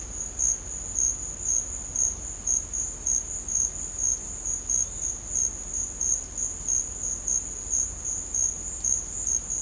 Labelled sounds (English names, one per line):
none